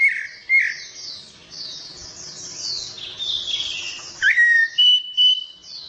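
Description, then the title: Orange-headed thrush song: clear whistled notes at the start and a loud rising then level whistled phrase near the end, over high chattering notes. Kicau mania songbird-hobby bird, called a champion, described as gacor (singing persistently), teler and doyong in style. "Kicau Mania Suara Burung Anis Merah Gacor Teler Doyorng Juara"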